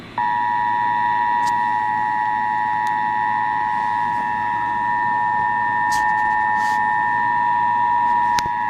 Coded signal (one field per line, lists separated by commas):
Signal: Emergency Alert System (SAME) tones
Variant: 853 and 960 Hz attention tone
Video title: presidential emergency alert system test 10.3.2018